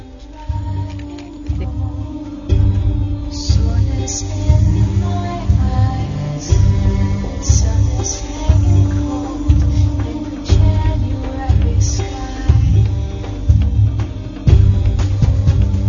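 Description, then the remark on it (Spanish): The ecology segment theme jingle (El Abrazo del Bosque) of the El Abrazo del Oso program, with a steady, pulsing low beat and sustained tonal layers, punctuated by bright accents every couple of seconds, playing on its own without any talking. “Sintonía de ecología en el Abrazo del Oso.”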